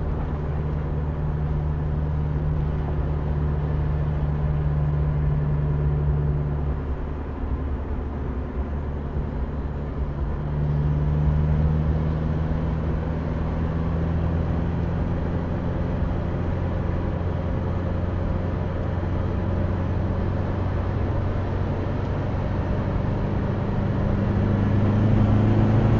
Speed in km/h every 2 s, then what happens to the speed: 83, 88, 86, 85, 84, 85, 93, 99, 104, 105, 110, 114, 121.
0-10 steady at about 85. 10-26 speeds up to 121.